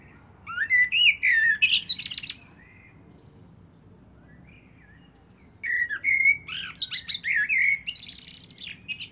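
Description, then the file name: Common blackbird singing two bursts of fluty warbling mixed with squeaky, chattering high notes, separated by about three seconds of quiet. "Turdus merula"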